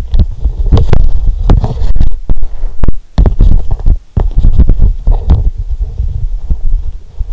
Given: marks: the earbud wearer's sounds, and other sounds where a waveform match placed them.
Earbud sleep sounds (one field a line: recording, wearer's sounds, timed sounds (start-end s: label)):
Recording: sounds in sleep by an in-ear microphone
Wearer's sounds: body movement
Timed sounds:
0.00-6.46 s: body movement